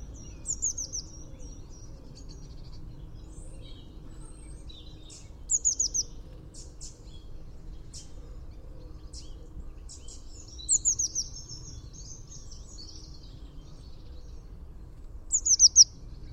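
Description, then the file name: Eurasian blue tit calling in short bursts of high, thin, falling notes every five seconds or so, with faint scattered ticks between and a steady low rumble throughout. "Cyanistes caeruleus"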